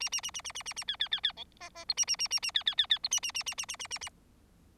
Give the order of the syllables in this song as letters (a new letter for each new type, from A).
A A A A A A A A B B B B C D D E A A A A A B B B B E A A A A A A A A A